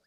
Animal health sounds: pig call; piglet (1 to 25 days)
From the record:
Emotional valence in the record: positive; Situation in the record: reunion after long isolation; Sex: female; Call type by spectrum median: high-frequency call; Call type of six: low-frequency tonal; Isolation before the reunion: 8 minutes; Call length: 0.07 s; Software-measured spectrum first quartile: 1048 Hz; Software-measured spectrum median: 2673 Hz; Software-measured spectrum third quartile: 6521 Hz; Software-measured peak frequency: 575 Hz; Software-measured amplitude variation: 56 dB a second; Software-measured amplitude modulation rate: 6.9 a second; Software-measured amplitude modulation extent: 8.1 dB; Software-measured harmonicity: 3.1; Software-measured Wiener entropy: -1.72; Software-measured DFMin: 654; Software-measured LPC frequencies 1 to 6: 590, 1642, 3957, 4860, 6129, 7303 Hz

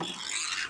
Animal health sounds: pig call; piglet (1 to 25 days)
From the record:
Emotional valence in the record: negative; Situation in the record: castration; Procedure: castration, shear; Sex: male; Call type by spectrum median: high-frequency call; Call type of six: high-frequency modulated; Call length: 0.70 s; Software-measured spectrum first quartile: 2029 Hz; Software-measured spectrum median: 3641 Hz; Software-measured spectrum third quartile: 5913 Hz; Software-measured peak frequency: 336 Hz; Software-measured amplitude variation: 136 dB a second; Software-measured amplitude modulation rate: 28.4 a second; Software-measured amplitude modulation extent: 4.8 dB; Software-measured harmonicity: 0.9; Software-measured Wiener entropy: -1.57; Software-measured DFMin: 794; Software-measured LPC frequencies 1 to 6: 1719, 2602, 3523, 4038, 5153, 6941 Hz

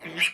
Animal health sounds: pig call; piglet (1 to 25 days)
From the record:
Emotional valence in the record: negative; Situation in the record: restrain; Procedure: sham castration, cut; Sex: male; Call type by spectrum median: high-frequency call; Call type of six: mixed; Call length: 0.34 s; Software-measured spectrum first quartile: 2192 Hz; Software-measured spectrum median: 2564 Hz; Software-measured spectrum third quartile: 3305 Hz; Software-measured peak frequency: 2469 Hz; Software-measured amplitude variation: 155 dB a second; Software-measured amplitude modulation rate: 7.4 a second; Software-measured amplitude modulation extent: 20.9 dB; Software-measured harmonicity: 5.3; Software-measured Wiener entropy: -1.55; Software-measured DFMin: 679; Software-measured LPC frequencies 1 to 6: 1901, 2433, 2935, 5194, 8267, 8930 Hz

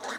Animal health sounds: pig call; piglet (1 to 25 days)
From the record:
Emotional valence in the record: negative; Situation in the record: missed nursing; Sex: male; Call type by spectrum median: low-frequency call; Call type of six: mixed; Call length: 0.19 s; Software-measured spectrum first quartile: 834 Hz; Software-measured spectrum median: 1514 Hz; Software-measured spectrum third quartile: 2876 Hz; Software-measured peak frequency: 799 Hz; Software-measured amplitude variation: 90 dB a second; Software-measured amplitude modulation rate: 23.2 a second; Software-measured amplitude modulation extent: 3.9 dB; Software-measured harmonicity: 0.8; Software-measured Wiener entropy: -1.52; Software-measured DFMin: 1318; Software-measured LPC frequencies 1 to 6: 760, 1428, 1835, 3845, 4802, 5834 Hz

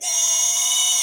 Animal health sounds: pig call; weaner (32 to 43 days)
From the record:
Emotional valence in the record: negative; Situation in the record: restrain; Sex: male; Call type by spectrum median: high-frequency call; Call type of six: high-frequency stable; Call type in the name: high-frequency stable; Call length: 1.03 s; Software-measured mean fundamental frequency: 724 Hz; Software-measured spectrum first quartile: 4679 Hz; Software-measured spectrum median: 6037 Hz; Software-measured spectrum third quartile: 7058 Hz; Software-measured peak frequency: 6457 Hz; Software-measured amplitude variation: 71 dB a second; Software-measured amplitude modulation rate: 24.7 a second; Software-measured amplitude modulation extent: 2.9 dB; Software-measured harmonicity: 5.9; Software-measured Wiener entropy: -2.88

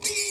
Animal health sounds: pig call; weaner (32 to 43 days)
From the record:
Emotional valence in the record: negative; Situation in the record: novel object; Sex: female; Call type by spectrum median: high-frequency call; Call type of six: high-frequency stable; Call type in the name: high-frequency stable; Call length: 0.30 s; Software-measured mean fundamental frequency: 390 Hz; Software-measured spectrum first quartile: 3061 Hz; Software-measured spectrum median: 5453 Hz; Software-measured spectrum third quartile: 7735 Hz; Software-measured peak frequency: 2329 Hz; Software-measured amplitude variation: 135 dB a second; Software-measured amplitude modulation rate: 13.4 a second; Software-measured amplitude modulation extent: 10.1 dB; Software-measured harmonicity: 2.4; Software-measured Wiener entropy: -1.86

